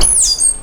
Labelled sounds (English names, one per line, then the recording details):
Stitchbird song
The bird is a male
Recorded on Tiritiri Matangi Island, New Zealand, in 2005
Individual 12, of nest box 16